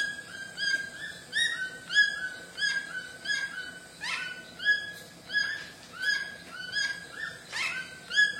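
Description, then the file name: White-throated toucan yelping song: harsh yelps repeated rapidly, about one and a half per second. "canto do tucano grande de papo branco"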